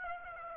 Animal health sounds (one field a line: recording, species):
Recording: mosquito wingbeat signal from an infrared sensor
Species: Aedes aegypti